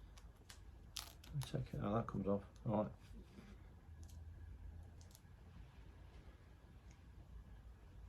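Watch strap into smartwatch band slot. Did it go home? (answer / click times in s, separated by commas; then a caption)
yes / 1.0 s. The long end of a watch strap is slid sideways into the band slot on an Apple Watch case, and a sharp click at 1.0 s marks it latching into place. Someone talks over faint handling rustles, and the strap ends up seated firmly in the watch body.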